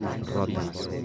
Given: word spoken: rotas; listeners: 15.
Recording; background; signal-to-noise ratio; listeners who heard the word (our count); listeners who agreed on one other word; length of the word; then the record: one Spanish word in noise, from a listening test; eight-talker babble; -0.8 dB; 2 of 15; 6 of 15; 0.66 s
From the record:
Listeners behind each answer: 6, 3, 2, 1, 1, 1, 1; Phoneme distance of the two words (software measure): 24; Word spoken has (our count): 2 syllables, 5 phonemes, stress on syllable 1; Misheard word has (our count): 3 syllables, 7 phonemes, stress on syllable 2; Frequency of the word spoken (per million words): 4.16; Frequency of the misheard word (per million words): 26.10